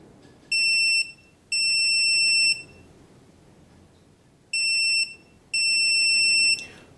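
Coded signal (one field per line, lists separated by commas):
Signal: beep code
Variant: EggTimer Apogee deployment controller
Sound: piercing high beeps: one short, one long, pause, then short and long again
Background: quiet room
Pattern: 1 short, 1 long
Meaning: Power-up test beep sequence showing the controller starts normally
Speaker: the manual says to do a preliminary test and listen for a certain beep sequence so i've got the battery hooked up and i'm going to close the screw switch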